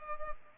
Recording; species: mosquito wingbeat signal from an infrared sensor; Culex pipiens